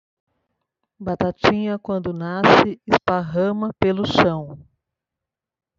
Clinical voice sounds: short text; Brazilian Portuguese; female; 50 to 59 years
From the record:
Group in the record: control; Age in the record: 54 years

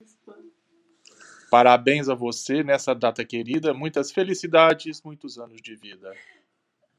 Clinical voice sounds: short text; Brazilian Portuguese; male; 50 to 59 years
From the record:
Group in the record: control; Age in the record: 55 years

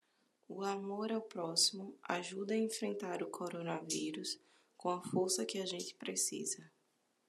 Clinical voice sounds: spoken sentence; Brazilian Portuguese; female; 20 to 29 years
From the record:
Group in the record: control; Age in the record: 28 years

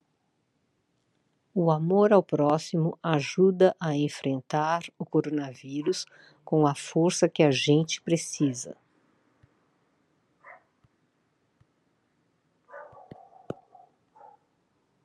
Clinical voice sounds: spoken sentence; Brazilian Portuguese; female; 60 to 69 years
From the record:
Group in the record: control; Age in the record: 62 years

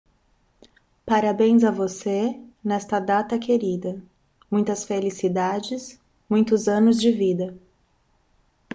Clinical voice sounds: short text; Brazilian Portuguese; female; 30 to 39 years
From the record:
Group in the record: control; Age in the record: 34 years

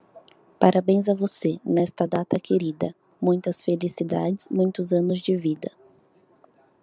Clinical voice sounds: short text; Brazilian Portuguese; female; 20 to 29 years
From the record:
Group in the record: control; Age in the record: 25 years

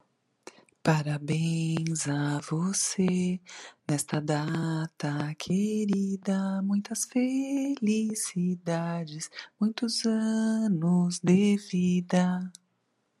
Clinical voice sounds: short text; Brazilian Portuguese; female; 50 to 59 years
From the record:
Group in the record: control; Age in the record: 50 years

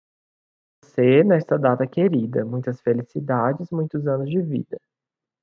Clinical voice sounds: short text; Brazilian Portuguese; male; 20 to 29 years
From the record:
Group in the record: control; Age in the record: 24 years

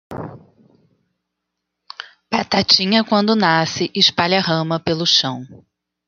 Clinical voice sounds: short text; Brazilian Portuguese; female; 40 to 49 years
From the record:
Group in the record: control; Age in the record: 47 years

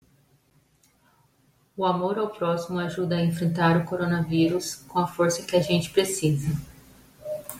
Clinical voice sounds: spoken sentence; Brazilian Portuguese; female; 30 to 39 years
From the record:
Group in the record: control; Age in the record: 33 years

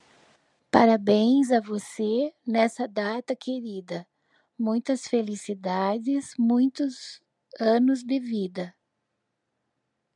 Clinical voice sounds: short text; Brazilian Portuguese; female; 50 to 59 years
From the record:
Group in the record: control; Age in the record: 56 years

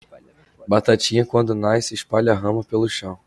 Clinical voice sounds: short text; Brazilian Portuguese; male; 20 to 29 years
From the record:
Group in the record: control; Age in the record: 20 years

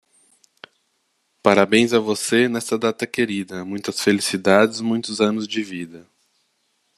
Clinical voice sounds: short text; Brazilian Portuguese; male; 30 to 39 years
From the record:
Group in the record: control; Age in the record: 39 years

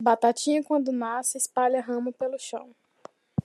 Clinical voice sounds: short text; Brazilian Portuguese; female; 20 to 29 years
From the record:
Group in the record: control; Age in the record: 24 years

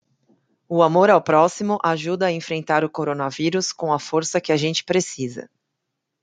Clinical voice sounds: spoken sentence; Brazilian Portuguese; female; 40 to 49 years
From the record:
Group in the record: control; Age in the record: 48 years

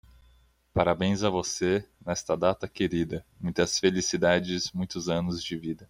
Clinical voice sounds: short text; Brazilian Portuguese; male; 20 to 29 years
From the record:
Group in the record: control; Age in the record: 24 years

